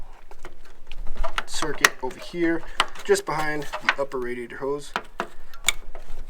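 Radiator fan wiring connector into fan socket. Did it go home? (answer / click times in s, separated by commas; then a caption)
yes / 5.7 s. A plastic radiator fan electrical connector is pushed into its fan socket behind the upper radiator hose while someone talks, with soft handling clicks and rustles throughout. A sharp click at 5.7 s marks the connector seating firmly in place.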